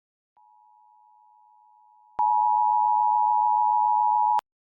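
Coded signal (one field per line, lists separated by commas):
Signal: Emergency Alert System (SAME) tones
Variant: 853 and 960 Hz attention tone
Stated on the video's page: Fictional EAS scenario about an asteroid striking the moon.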